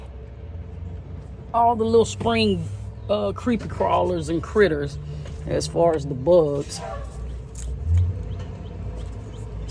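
A spark plug wire boot is handled at the coil pack of a 2007–2013 Silverado 1500 4.8/5.3/6.0L during an MSD Street Fire coil pack swap. Someone talks over a steady low rumble, with a brief faint sound near 8.0 s. Nothing has seated or clicked yet.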